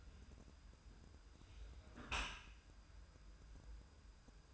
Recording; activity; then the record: daily activity, microphone in the room; close dishwasher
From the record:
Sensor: 2